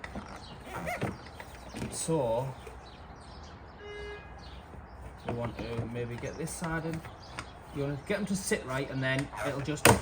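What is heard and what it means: A new panel air filter is being positioned in the plastic airbox housing of a BMW 5 Series 520d F10 M-Sport, with its tabs being lined up before it is pushed home. Someone talks over soft handling and rustling, with brief sharp knocks near 0.0 and 1.4 seconds. Nothing has seated or clicked yet.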